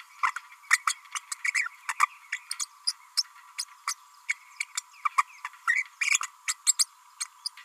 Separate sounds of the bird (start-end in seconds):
0.23-0.31, 0.70-0.78, 0.87-0.94, 1.14-1.19, 1.31-1.34, 1.44-1.51, 1.54-1.68, 1.88-1.93, 2.00-2.06, 2.32-2.38, 2.87-2.92, 3.17-3.23, 3.58-3.64, 3.87-3.94, 4.28-4.33, 4.60-4.63, 5.05-5.09, 5.17-5.23, 5.44-5.48, 5.67-5.83, 6.01-6.19, 6.47-6.54, 6.67-6.75, 6.79-6.86, 7.20-7.24, 7.45-7.49